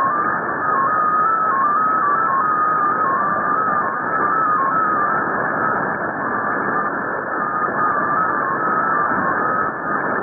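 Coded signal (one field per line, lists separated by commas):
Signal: multi-tone FSK (Olivia or MFSK type)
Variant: XPA2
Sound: a steady pure tone hopping between a few pitches several times a second, over hiss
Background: radio static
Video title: 13538 kHz USB - XPA2 - 04/04/2017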